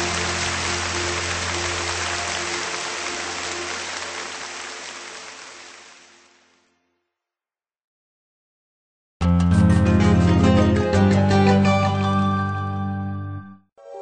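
A crowd claps steadily in a dense, sustained wash of applause that gradually fades out into silence; after a short pause, loud music begins.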